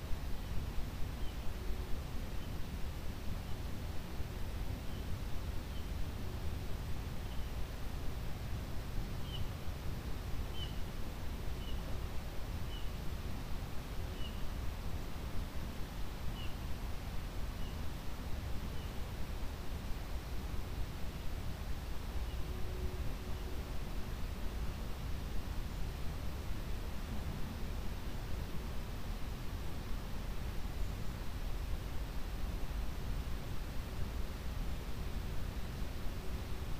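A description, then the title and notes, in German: Steady forest hiss with a soft rushing quality, fuller in the low end and even in level throughout. A faint low tone hums in the background, and a brief run of small chirps appears between about 9 and 19 seconds. Waldrauschen Grünes und Weißes Rauschen.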